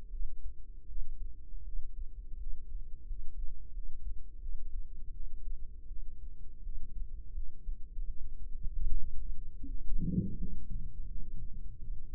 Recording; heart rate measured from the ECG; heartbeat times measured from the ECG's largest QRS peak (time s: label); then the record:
heart sounds by microphone in the right ear; 82 bpm
0.10 s: heartbeat
0.86 s: heartbeat
1.63 s: heartbeat
2.37 s: heartbeat
3.05 s: heartbeat
3.72 s: heartbeat
4.39 s: heartbeat
5.11 s: heartbeat
5.87 s: heartbeat
6.62 s: heartbeat
7.33 s: heartbeat
8.05 s: heartbeat
8.86 s: heartbeat
9.66 s: heartbeat
10.36 s: heartbeat
11.06 s: heartbeat
11.78 s: heartbeat
From the record:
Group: healthy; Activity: rest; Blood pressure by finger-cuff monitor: 81/45 mmHg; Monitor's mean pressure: 60 mmHg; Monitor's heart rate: 83 bpm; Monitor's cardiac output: 8.3 L/min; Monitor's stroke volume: 100 mL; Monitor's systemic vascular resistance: 490 dyn s/cm5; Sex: female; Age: 22 years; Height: 161 cm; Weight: 65.5 kg